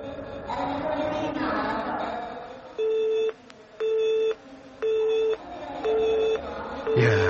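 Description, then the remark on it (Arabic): A coin-operated payphone is dialed, then a telephone busy signal sounds after a few seconds of murky background noise: five evenly spaced, steady mid-pitched tones pulse on and off in a regular rhythm. “يا دي اليوم اللي مش فايت، مرفت مسكت التليفون ومش هتسيبه النهاردة.”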